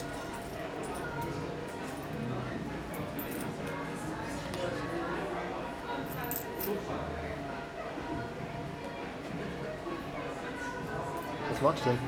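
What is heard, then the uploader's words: Steady murmur of many voices talking over each other in Ulm, with scattered light clinks and a brief sharper sound near the end. Sounds of Ulm (Soundscapes meets Kulturradio).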